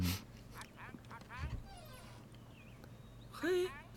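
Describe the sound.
A parrot kept for company squawks and chatters in short, raspy, voice-like bursts, ending with a louder, harsher squawk, over a steady low hum.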